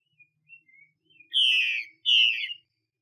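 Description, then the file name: Chinese hwamei: faint soft notes, then two loud, rich whistles falling in pitch. Female bird. "Tieng chim hoa mi mai xuy"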